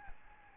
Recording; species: mosquito wingbeat signal from an infrared sensor; Aedes albopictus